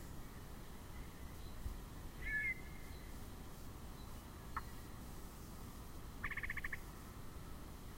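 Yellow-breasted chat giving a brief whistled note, a sharp click, then a harsh buzzy chattering burst near the end, over a low steady hum.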